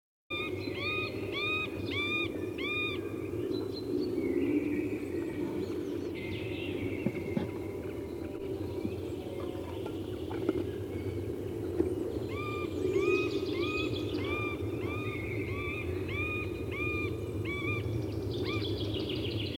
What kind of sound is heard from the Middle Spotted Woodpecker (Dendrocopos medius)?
call